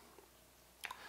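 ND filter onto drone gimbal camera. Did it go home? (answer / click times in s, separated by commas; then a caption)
yes / 0.9 s. An ND filter is pushed down onto the gimbal camera of a Mavic Pro drone. After quiet handling noise, a sharp click sounds at 0.9 s (0.85 s), followed by a softer second tick just after. The filter snaps into place and sits evenly all the way across the camera.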